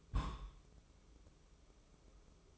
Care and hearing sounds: daily activity, microphone in the room; place on stove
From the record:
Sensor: 1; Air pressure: 995.4 hPa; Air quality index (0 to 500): 29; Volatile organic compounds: 1 ppm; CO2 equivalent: 548 ppm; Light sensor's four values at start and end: 29/101/39/40 and 29/101/39/40

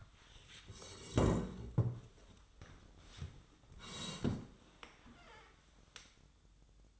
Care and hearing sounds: daily activity, microphone in the room; sit down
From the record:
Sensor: 3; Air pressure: 1005.0 hPa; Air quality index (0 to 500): 92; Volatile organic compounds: 3 ppm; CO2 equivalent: 1430 ppm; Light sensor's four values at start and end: 9/20/8/9 and 10/22/9/9

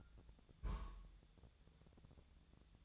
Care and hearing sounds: daily activity, microphone in the room; place on stove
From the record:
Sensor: 3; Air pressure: 999.2 hPa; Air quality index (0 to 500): 197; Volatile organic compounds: 44 ppm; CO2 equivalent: 3217 ppm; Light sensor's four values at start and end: 7/17/7/7 and 7/17/7/7

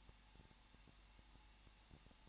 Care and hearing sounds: daily activity, microphone in the room; no activity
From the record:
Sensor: 1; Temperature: 20.1 degrees Celsius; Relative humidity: 39.4%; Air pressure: 1006.4 hPa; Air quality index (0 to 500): 218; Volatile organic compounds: 80 ppm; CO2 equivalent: 3608 ppm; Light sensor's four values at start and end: 1/2/1/1 and 1/2/1/1

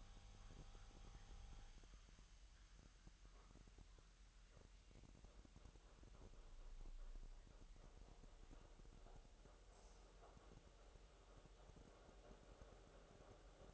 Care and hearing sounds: daily activity, microphone in the room; make coffee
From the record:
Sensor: 3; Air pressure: 1002.0 hPa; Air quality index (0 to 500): 248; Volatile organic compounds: 52 ppm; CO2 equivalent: 3317 ppm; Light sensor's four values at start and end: 12/36/16/13 and 12/36/16/13

